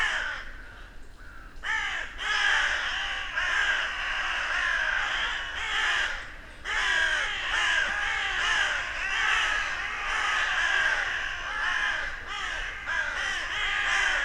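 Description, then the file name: Carrion crow calls, a dense chorus of overlapping harsh caws from many birds, nearly continuous throughout with a brief lull near the start. "Corvus corone"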